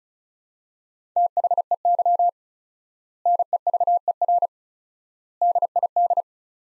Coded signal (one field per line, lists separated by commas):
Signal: Morse code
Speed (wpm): 34 wpm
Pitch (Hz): 700 Hz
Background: none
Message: THEY NEVER DID